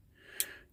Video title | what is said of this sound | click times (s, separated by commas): Brinyte PT18 Pro Oathkeeper Review | it does just snap into place | 0.4 s